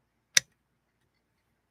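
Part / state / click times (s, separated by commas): pattern cam disc into sewing machine cam stack / seated / 0.4 s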